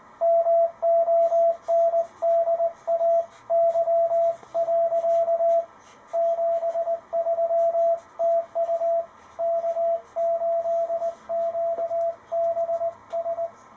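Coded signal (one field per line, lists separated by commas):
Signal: Morse code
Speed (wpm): 20 wpm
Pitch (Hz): 670 Hz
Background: radio noise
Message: MONDAY. 73 TU K8QBS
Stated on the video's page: Ten Tec Paragon transceiver tuned manually to the frequency.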